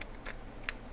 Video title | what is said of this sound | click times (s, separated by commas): MIP Speed Tips and Powered Screwdriver Review | which by the way to put them on you just push up put it in lock into place | 0.7 s